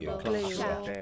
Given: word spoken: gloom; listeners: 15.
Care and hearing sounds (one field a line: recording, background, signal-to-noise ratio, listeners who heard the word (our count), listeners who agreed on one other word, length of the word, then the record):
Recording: one English word in noise, from a listening test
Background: four-talker babble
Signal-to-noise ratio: -0.5 dB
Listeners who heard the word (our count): 0 of 15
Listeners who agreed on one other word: 8 of 15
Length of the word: 0.62 s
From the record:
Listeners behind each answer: 8, 2, 1, 1, 1, 1, 1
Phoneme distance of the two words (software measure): 7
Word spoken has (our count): 1 syllable, 4 phonemes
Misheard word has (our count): 1 syllable, 3 phonemes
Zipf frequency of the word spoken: 3.60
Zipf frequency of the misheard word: 4.15